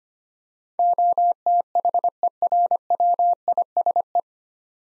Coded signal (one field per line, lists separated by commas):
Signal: Morse code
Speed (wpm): 25 wpm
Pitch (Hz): 700 Hz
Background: none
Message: OTHERWISE